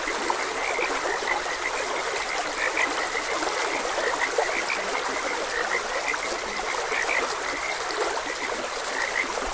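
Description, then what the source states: Frogs calling in a dense chorus of short, repeated chirps at a steady pace over the constant rush and trickle of a stream. Frogs croaking beside a gentle stream.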